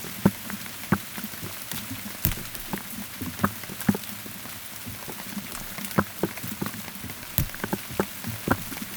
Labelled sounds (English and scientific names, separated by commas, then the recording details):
none
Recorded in pastures near Puerto Asís, Putumayo, Colombia, on 19 June 2025 at 15:00
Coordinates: 0.487, -76.322
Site H26